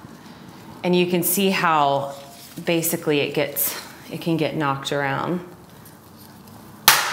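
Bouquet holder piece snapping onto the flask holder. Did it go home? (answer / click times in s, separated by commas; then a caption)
yes / 6.9 s. A plastic bouquet holder piece is pushed back onto a flask holder after the arranged bouquet got knocked around. Someone talks for most of the clip, and then a loud, sharp snap at 6.9 s marks the part seating into place.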